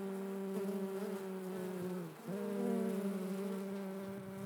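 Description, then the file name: Honey bee buzzing, a steady low drone whose pitch dips briefly near the middle and then rises back to a slightly higher, louder hum. "vcela"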